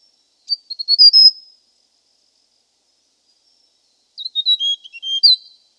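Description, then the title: Hill prinia call, two high twittering phrases separated by a pause of a few seconds, the first thin and rising, the second choppier with quick falling notes. "prenjk gnung. Suara burung prenjak gunung"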